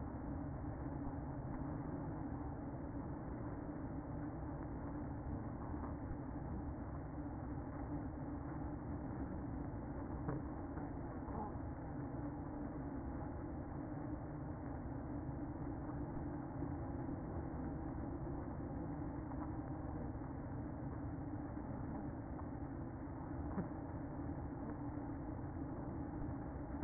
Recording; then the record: honeybee colony, microphone inside the hive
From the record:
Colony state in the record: queen present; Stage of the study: after two queens were removed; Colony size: about 60,000 bees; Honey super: yes